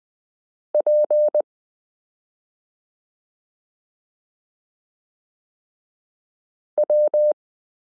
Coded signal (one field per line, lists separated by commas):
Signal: Morse code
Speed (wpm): 20 wpm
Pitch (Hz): 600 Hz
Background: none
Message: PW